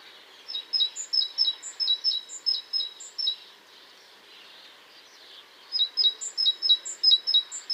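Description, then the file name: Great tit: bursts of high, thin paired notes repeated rapidly, a pause of about two and a half seconds, then another burst, over faint background hiss. "Parus major"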